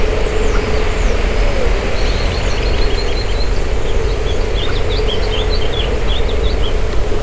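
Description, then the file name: Bird calls: a series of short, high chirping notes repeated irregularly over a steady low rumble and a constant humming tone. "SABIOD 50 bird 2015"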